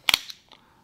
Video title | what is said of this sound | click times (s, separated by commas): Double Boomerang Flash Bracket System Rig: BBGv2 BBXL | what actually works with our bracket clamp as well snaps in place as well | 0.1 s